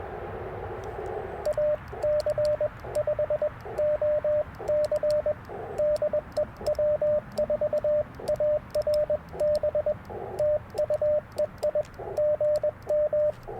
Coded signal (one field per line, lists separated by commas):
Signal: Morse code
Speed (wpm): 21 wpm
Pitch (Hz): 590 Hz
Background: radio noise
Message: AC5OC DE W4ARB TU EI GM